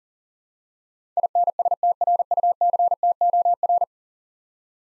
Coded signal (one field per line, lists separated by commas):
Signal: Morse code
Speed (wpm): 40 wpm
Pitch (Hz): 700 Hz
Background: none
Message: INSTRUCTOR